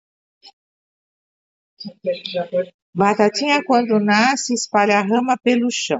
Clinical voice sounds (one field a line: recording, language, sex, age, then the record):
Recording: short text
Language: Brazilian Portuguese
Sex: female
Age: 60 to 69 years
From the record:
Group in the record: control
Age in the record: 65 years